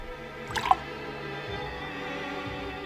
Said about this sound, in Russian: отвинтил металлические пробки на стеклянных шарах и стал наливать в них разные жидкости. Олеум рецини 50 миллилитров.